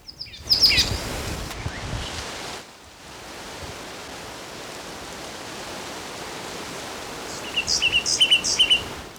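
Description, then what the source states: Oak Titmouse song: a brief high chirpy burst early, then a run of quick repeated clear whistled notes near the end, over steady hiss. First song of a series of songs counted aloud one by one.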